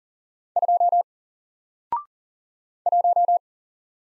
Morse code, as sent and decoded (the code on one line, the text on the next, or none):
..--- / .----
2 1